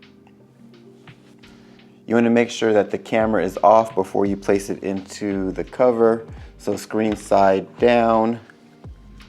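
A powered-off DJI Osmo Pocket 3 pocket gimbal camera is handled screen side down toward its plastic protective cover while someone talks over a steady low hum. A few faint ticks come in the first 1.5 seconds, and a brief soft tick at about 8.8 s. Nothing has seated or clicked into the cover yet.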